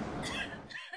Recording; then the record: coughing mixed with background sound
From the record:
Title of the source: Female coughing - Sound effects